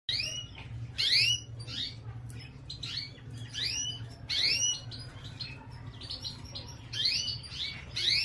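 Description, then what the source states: Domestic canary chirping busily, sharp rising calls repeated in irregular bursts throughout, over a faint low drone. Female.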